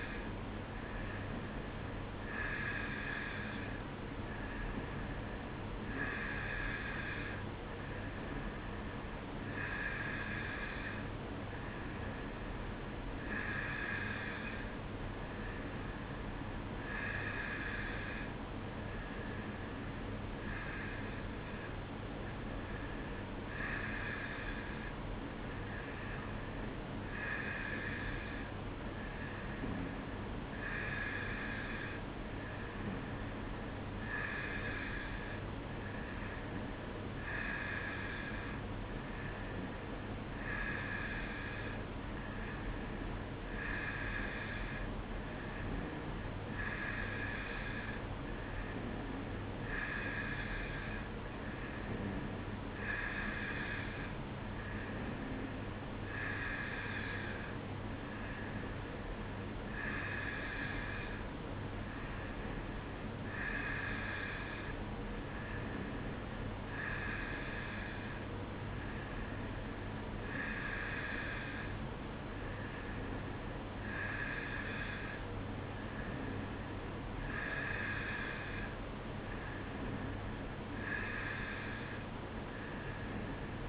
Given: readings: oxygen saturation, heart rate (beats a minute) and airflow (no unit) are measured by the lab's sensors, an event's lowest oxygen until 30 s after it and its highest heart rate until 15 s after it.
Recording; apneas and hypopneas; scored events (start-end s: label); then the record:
breathing in sleep by a voice recorder at the bedside; none
none scored
From the record:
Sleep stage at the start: N2 (light sleep); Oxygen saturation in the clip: 91 to 92%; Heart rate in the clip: 55 to 58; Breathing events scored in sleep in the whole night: 305 in 9.6 hours asleep